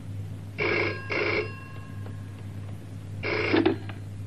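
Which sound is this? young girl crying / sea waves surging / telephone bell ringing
telephone bell ringing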